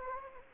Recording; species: mosquito wingbeat signal from an infrared sensor; Anopheles gambiae